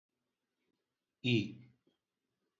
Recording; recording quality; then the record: sustained vowel as in beet; excellent, no background noise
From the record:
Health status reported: healthy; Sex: male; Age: 50 years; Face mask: not worn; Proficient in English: yes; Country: India